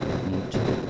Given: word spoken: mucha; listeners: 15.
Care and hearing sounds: one Spanish word in noise, from a listening test; noise modulated by three-talker babble; -5.1 dB; 0 of 15; 9 of 15; 0.50 s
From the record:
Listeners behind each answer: 9, 1, 1, 1, 1, 1, 1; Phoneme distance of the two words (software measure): 10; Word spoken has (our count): 2 syllables, 4 phonemes, stress on syllable 1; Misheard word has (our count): 2 syllables, 4 phonemes, stress on syllable 1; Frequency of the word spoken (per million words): 100.92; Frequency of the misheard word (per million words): 545.62

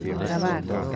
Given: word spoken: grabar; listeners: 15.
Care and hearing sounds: one Spanish word in noise, from a listening test; eight-talker babble; -0.6 dB; 6 of 15; 8 of 15; 0.56 s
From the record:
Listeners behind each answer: 8, 6, 1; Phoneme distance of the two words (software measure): 10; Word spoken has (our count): 2 syllables, 6 phonemes, stress on syllable 2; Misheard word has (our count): 2 syllables, 6 phonemes, stress on syllable 2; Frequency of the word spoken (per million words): 8.38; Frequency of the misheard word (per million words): 0.54

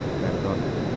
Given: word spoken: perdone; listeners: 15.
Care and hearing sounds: one Spanish word in noise, from a listening test; speech-shaped noise; -4.3 dB; 0 of 15; 8 of 15; 0.56 s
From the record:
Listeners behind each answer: 8, 3, 3, 1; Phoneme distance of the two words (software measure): 7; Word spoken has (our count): 3 syllables, 7 phonemes, stress on syllable 2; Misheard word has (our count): 2 syllables, 6 phonemes, stress on syllable 2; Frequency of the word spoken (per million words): 6.67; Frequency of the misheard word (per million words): 23.72

